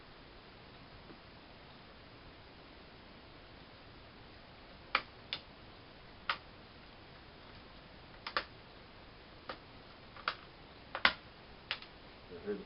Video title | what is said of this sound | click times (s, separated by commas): Laptop screen replacement Toshiba Satelite L305-S5915 | hear the popping and clicking. Normal. | 4.9 s, 6.3 s, 8.4 s, 10.3 s, 11.0 s, 11.7 s